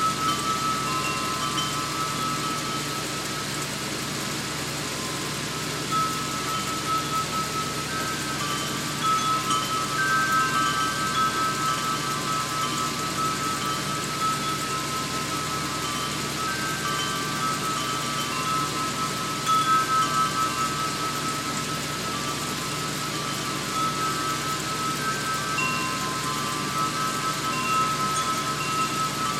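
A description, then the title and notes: A fan hums steadily throughout, a dense, even whir that stays level from start to finish. Above it, wind chimes ring out thinly as a bright, sustained tone that swells slightly around ten and twenty seconds before fading back. Fan noise, wind chimes.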